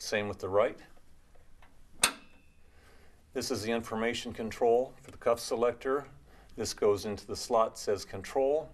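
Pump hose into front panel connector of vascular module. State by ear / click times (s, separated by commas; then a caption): seated / 2.0 s. Someone talks as the right pump hose is pushed into its front-panel connector on a vascular module, the same way as the left. A sharp snap at 2.0 s marks the hose connector seating, and the talking continues afterward.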